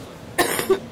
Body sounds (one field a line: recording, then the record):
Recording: coughing mixed with background sound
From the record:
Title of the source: 30 Chesty and wet cough